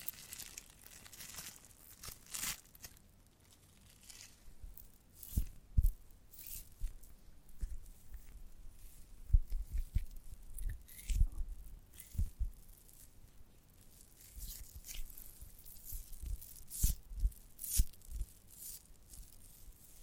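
Soft, wet tearing and squishing from a giant gummy bear, coming in irregular bursts of sticky pulls and low thumps. Sharper smacks land around 2.5, 5.5, 9–12 and 17 seconds, with quieter stretches between where faint rustling continues.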